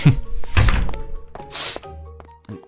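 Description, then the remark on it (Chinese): A door slams shut with a loud, booming thud and a second heavy knock as someone grabs keys and storms out, followed by a short hissy rattle and a low rumble that fades out. No one speaks. “火上浇油，龚应贤恶狠狠地瞪了任毅一眼，抓起钥匙摔门而去。”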